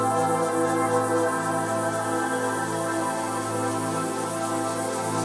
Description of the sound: Tinnitus therapy.